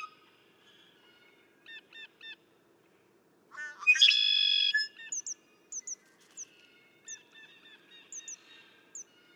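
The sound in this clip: Red-winged blackbird song: a few short introductory notes, then one loud buzzy trill, followed by scattered high thin chips and softer chatter.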